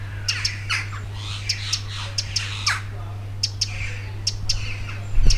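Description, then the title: Wren ticking in hard, clicky notes, some in quick doubles, with scratchy chirps, a low hum, and a thump at the end. Loud contact calls in a back garden, on 25 June 2021 at 19:00, in the evening. "garden Ambient 20210625 T 1900 Z-wren-loud-contact-calls-in-16 WW-back-garden"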